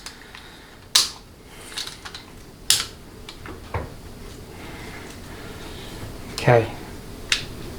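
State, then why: Seated. A retaining snap ring is pressed into its groove in a 62TE transmission input housing after a struggle, with several sharp metallic knocks and clatters as it is worked in while someone talks. At 7.3 s the ring snaps into its groove with one sharp metallic click and is seated.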